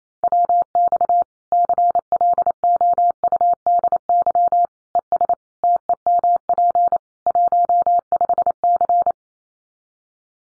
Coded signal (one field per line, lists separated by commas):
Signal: Morse code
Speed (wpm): 28 wpm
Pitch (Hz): 700 Hz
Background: none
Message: WX CLOUDY ES TEMP 15C